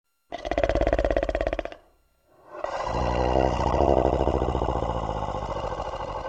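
An adult snoring: a buzzing snore, a short silent pause, then a second, longer snore.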